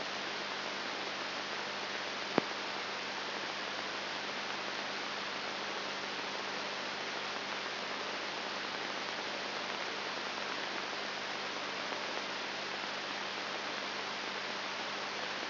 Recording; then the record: brain microelectrode recording played as sound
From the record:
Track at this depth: inside the subthalamic nucleus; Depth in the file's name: 5.101 mm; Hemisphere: left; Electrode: 3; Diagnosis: Parkinson's disease